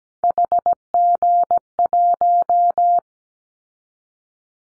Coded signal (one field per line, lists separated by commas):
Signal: Morse code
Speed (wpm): 17 wpm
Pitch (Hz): 700 Hz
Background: none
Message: HG1